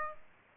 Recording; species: mosquito wingbeat signal from an infrared sensor; Aedes aegypti